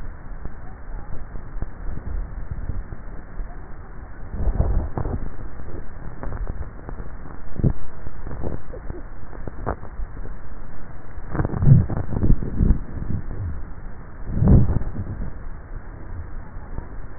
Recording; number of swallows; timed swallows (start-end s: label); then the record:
swallowing sounds by neck microphone; 3
1.95-2.85 s: swallow
6.25-7.08 s: swallow
9.55-10.25 s: swallow
From the record:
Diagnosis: dysphagia